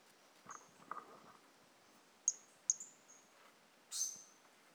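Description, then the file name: Brachycephalus mirissimus calling with thin, very high whistled notes: a soft note early, then two sharp chirps about half a second apart and a longer buzzy note near the end. Individual 01 of Brachycephalus mirissimus, recorded 18 January 2018; the frog was not collected. "Brachycephalus mirissimus 18 jan 2018 individual 01 ex 02 A E Confetti not collected"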